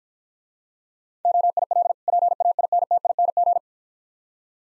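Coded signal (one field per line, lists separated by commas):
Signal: Morse code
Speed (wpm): 52 wpm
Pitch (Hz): 700 Hz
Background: none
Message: OIL PAINTING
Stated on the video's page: Morse practice at 40 wpm using contextual hints to prime copying of difficult words.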